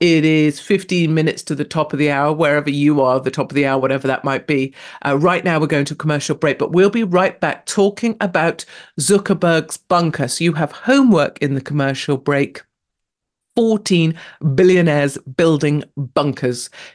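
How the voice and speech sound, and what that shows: A woman radio host speaks fluently on TNT Radio, announcing the time and a commercial break; ordinary clear speech.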